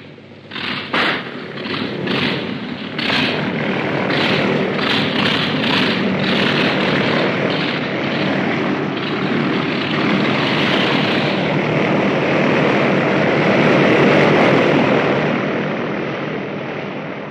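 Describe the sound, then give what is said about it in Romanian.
A propeller plane engine coughs through a few uneven bursts as it starts after the wheel chocks are removed, then catches and settles into a loud, steady roar that swells higher as it revs up to 2000 revolutions before easing slightly. “Dar greu s-a mai urnit. Iată, uite, 2000 de turații.”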